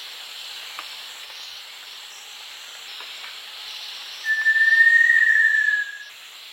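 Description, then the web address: Little tinamou whistle: one sustained pure note, very slightly rising then falling, held about one and a half seconds after a quiet background. Eastern Lowlands, South America. "Natures Songs S America Eastern Lowlands. Little Tinamou"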